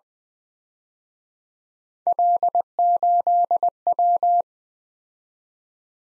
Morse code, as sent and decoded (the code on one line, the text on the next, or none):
.-.. ---.. .--
L8W